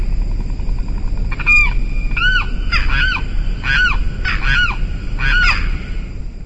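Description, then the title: Limpkin giving loud, arched, wailing calls with strong harmonics, several notes in quick irregular succession, over a steady low rumble. "LuckyPassaro Completos2Sama. Limpkin (Aramus guarauna)"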